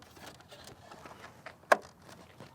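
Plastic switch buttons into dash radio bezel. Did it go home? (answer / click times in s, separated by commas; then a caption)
yes / 1.7 s. Plastic climate-control and switch buttons taken from the old bezel are pressed into the new dash radio bezel of a 2016+ Toyota Tacoma (3rd gen) during a plug-and-play tablet install. After some quiet handling noise, a sharp click at 1.7 seconds marks a button popping in and seating, with no talk heard.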